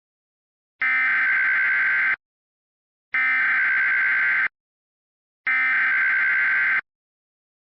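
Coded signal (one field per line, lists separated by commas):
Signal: Emergency Alert System (SAME) tones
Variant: header bursts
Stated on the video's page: Fictional EAS scenario, not a real alert.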